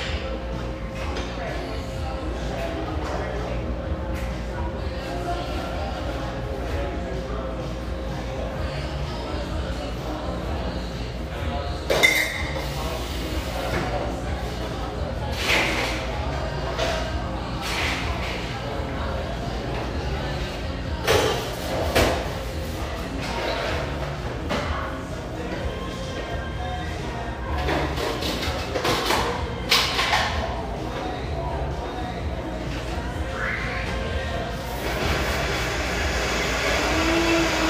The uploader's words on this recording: Irvine, California. Cheerful, bustling background noise of this sunny café in one of the OC's most upscale neighborhoods.